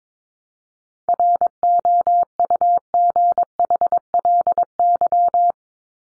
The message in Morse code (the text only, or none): ROUGHLY